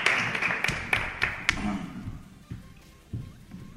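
Brief, sparse applause: a handful of sharp, irregular claps, strongest in the first second and a half, then thinning to a few isolated claps before fading out.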